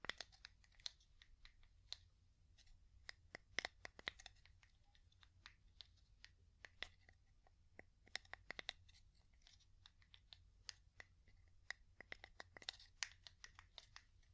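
Wood tapping in quick, irregular clusters of sharp, bright clicks runs throughout, over a faint steady low hum with occasional scratchy touches.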